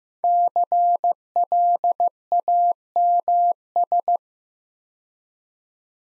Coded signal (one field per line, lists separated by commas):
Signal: Morse code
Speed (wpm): 15 wpm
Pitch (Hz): 700 Hz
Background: none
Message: CLAMS